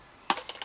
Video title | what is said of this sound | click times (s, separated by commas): Fire Maple Fixed Star x2 - Product Review - Budget Jetboil Alternative | the catch here which releases | 0.3 s